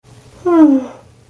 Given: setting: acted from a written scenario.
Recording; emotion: vocal sound without words; fear